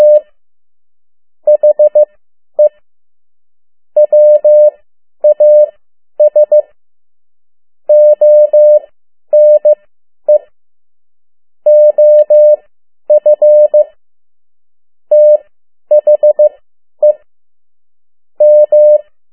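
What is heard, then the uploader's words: Morse code tapped out as a steady mid-pitched tone, broken into short dots and longer dashes. The keying comes in clusters every few seconds, with brief silent gaps between groups, and the tone is clean against total quiet. Around the World in 80 Days paragraph one Morse code 10 WPM.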